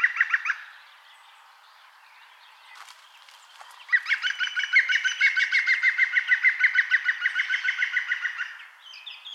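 European green woodpecker: a brief burst of repeated notes, a quiet pause, then a long steady laughing series of ringing, evenly spaced notes that fades away.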